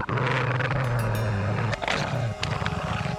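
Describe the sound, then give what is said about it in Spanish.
Low, rumbling animal growls sound loud and sustained, deep and throaty, rising and falling over a few seconds with a brief break in the middle. “dispuesto a comprobar si aquellos amenazantes gruñidos venían de la alforja donde había depositado al cachorro.”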